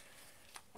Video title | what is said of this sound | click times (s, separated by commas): Airsoft review of the UHC Spring-powered revolver (long barrel) | once you're ready just push it into place until you hear it click sound and it's | 0.6 s